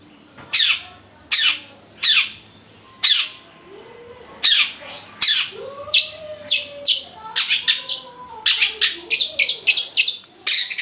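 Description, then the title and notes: Oriental magpie-robin song of sharp downslurred whistles, spaced at first, then speeding into a dense chattering burst; a softer low whistle wavers underneath. Chirping. "Kicau Kacer. manukmanukan"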